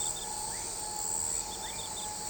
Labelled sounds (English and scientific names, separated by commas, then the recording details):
none
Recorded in shrubland near Pivijay, Magdalena, Colombia, on 14 April 2023 at 22:00
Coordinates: 10.453, -74.365
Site P5-G022